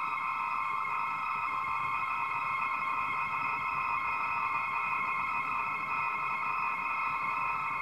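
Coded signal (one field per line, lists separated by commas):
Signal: computer data on cassette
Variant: AFSK, 250 baud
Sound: steady buzzing warble of data tones around 1.2 kHz with harmonics, unbroken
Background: tape hiss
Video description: A 617 byte 8-bit ASCII file is recorded and retrieved from an old audio reel to reel tape using AFSK modulation with a 1250 Hz carrier and 250 bits per second speed.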